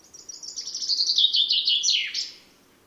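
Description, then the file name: Common chaffinch song: one rapid, bright, trilled phrase that steps downward in pitch and finishes with an emphatic flourish, over a quiet background. "Fringilla coelebs"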